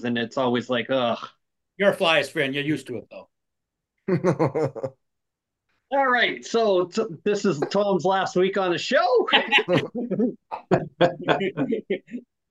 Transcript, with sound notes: And it's always like, ugh.
You're fly a spin, you're used to it though. (laughing) All right, so this is Tom's last week on the show.